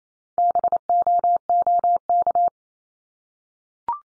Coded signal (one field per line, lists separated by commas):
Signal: Morse code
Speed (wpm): 28 wpm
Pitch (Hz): 700 Hz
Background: none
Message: BOOK